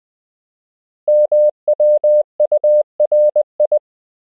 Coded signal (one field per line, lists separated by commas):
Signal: Morse code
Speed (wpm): 20 wpm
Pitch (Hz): 600 Hz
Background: none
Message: MWURI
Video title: Morse Code — Koch Method Lesson 12 (KMRSUAPTLOWI.)